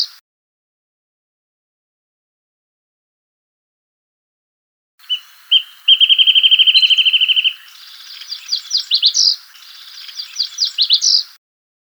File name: suara call song burung wrentit omkicau